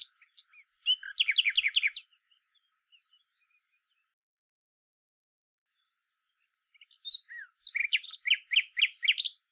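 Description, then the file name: Common nightingale song with two phrases separated by a long pause, each built from quick repeated notes delivered in fast bursts. "Luscinia megarhynchos"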